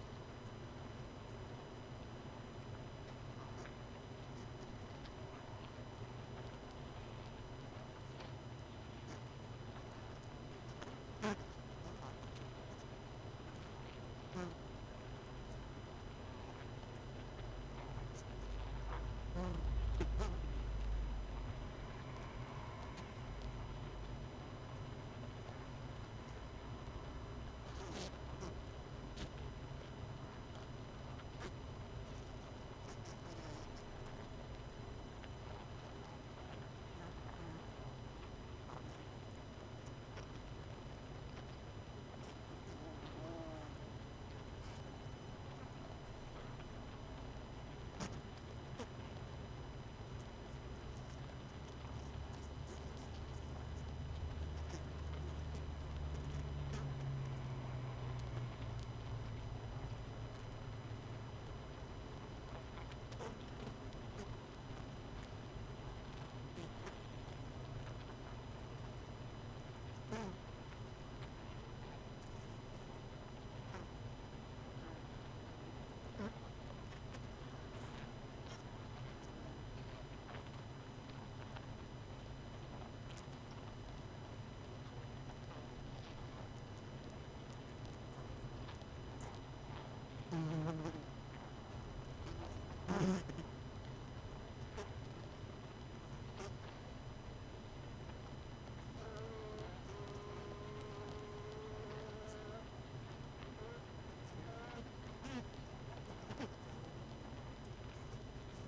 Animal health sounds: honeybee colony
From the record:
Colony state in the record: missing queen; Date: 31 May 2018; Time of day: 19:43

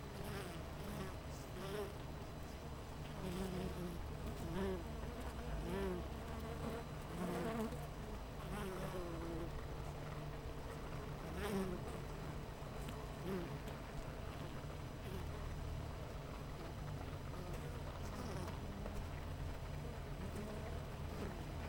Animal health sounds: honeybee colony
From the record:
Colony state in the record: missing queen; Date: 14 July 2017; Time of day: 8:22

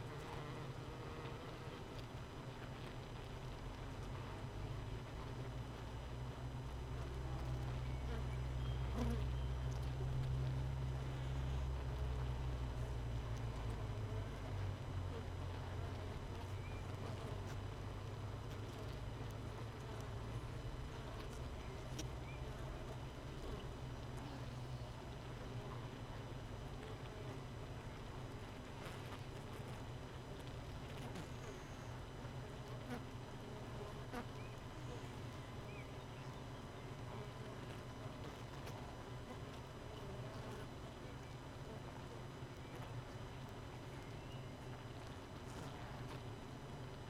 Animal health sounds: honeybee colony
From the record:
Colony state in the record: missing queen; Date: 31 May 2018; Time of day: 4:27

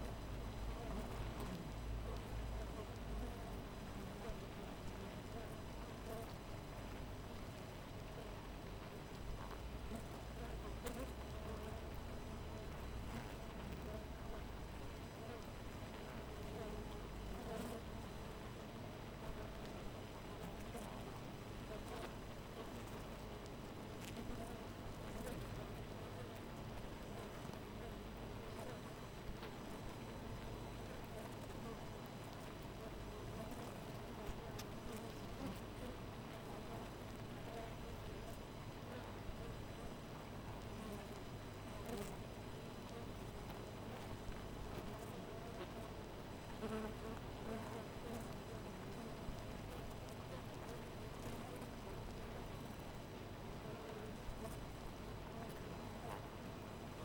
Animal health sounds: honeybee colony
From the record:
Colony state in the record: missing queen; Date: 14 July 2017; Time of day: 4:47

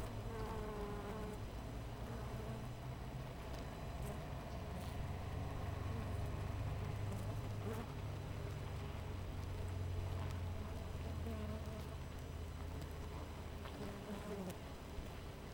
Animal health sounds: honeybee colony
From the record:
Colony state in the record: missing queen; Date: 14 July 2017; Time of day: 7:08

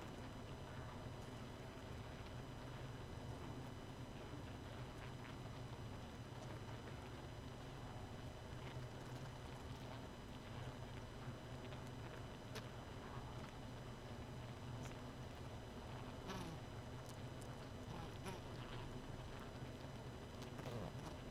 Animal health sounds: honeybee colony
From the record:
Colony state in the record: missing queen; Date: 31 May 2018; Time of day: 2:29

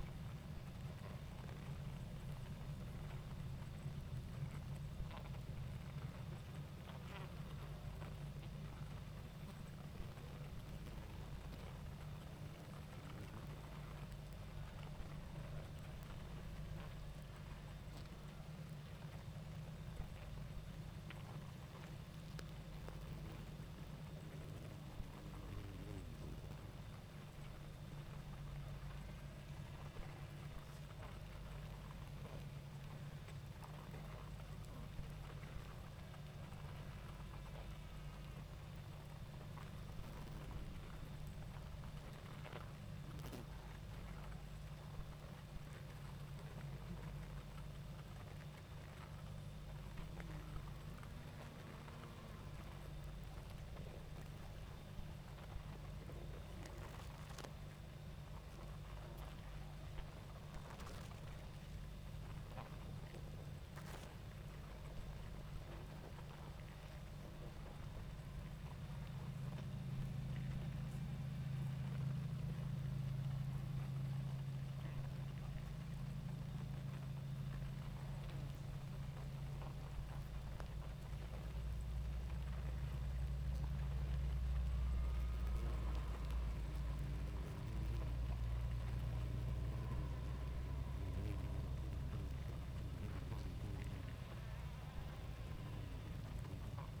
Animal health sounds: honeybee colony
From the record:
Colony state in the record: active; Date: 28 July 2017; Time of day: 20:35

